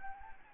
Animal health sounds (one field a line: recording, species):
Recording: mosquito wingbeat signal from an infrared sensor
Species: Anopheles gambiae